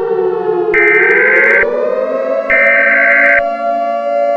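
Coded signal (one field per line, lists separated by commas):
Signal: Emergency Alert System (SAME) tones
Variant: header bursts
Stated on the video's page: Fictional EAS scenario about asteroids hitting Earth.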